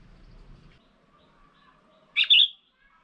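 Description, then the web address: Red-whiskered bulbul call: a single quick, bright double note after a brief low rumble. Female. "tieng chao mao mai. tieng dong vat"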